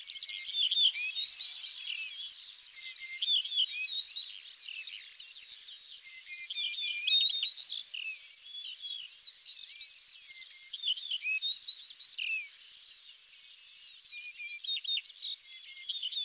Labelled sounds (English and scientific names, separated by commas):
Yellow-breasted Bunting (Emberiza aureola) song